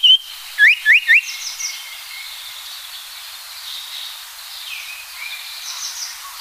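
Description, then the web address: Japanese paradise flycatcher singing one short note, then three fast rising whistles, over a faint continuous natural background hiss. "sikioto birds sankoucho"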